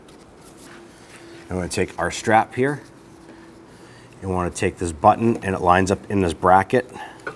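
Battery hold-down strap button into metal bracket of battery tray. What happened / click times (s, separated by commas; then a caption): Handled, not yet home: a strap fitting is lined up but no seating click is heard / none. On a 2006-2010 Hummer H3, the button on the battery hold-down strap is lined up in the metal bracket of the battery tray during a battery replacement. A faint brief tap sounds near 0.1 s, then someone talks over quiet background noise. Nothing has seated or clicked yet; the button is not yet locked into place.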